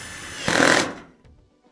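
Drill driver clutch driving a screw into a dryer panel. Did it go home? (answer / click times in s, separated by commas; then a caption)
yes / 0.6 s, 0.7 s. A cordless drill driver, with its adjustable clutch set so it won't overtighten, drives a screw into the panel of a Whirlpool/Kenmore gas dryer, with a loud whirring burst from about 0.5 to 0.9 s. The clutch slips with ratcheting clicks at 0.6 s and 0.7 s once the screw is tight, then the sound fades to quiet. The clutch clicks at its setting, so the screw is not overtightened.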